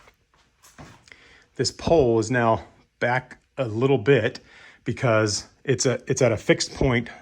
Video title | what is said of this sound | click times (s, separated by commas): Overlanding Trailer build with deployable RTT rack system | lift this up it locks into place and as you can tell | 1.1 s